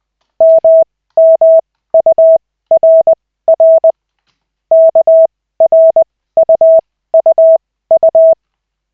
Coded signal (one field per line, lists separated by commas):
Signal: Morse code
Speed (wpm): 20 wpm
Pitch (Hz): 650 Hz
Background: none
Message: MMURR KRUUU